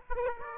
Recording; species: mosquito wingbeat signal from an infrared sensor; Aedes aegypti